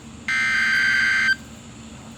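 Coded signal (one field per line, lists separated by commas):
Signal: Emergency Alert System (SAME) tones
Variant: header bursts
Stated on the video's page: Severe thunderstorm warning SAME tones for Washington, Carroll and Frederick counties, Maryland, received from NOAA weather radio station KEC83.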